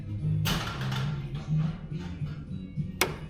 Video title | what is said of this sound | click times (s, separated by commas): Episode 3 - A Day in the Life of DCTUK Warehouse: Craig's Perspective | You listen to it. Listen to it click. | 3.0 s